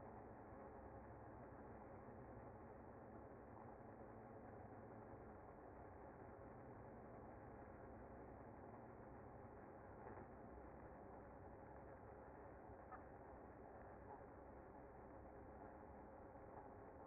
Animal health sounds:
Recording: honeybee colony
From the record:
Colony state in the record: active

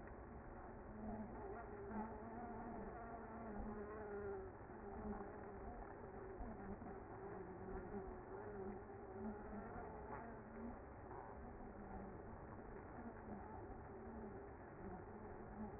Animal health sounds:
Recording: honeybee colony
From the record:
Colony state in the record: active

